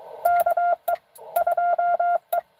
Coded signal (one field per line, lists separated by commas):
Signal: Morse code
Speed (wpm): 23 wpm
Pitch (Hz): 690 Hz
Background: none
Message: KE2E